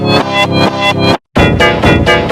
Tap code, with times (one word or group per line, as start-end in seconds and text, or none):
none